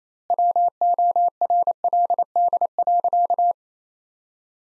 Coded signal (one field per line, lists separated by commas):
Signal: Morse code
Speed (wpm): 28 wpm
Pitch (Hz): 700 Hz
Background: none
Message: WORLD.